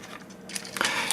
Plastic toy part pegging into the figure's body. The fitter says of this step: peg in right there nice little audible clicks